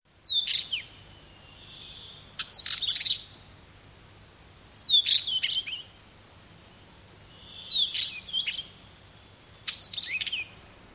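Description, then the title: Northern wheatear song: short scratchy, chattering phrases with squeaky high notes, repeated every two to three seconds over quiet background. "Viikon luontoääni: Kivitasku"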